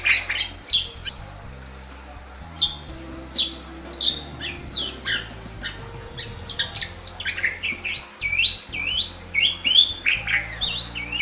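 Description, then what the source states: Bali myna song: scattered whistled and harsh notes that become denser toward the end, with a run of rising whistles. Described as singing vigorously (gacor).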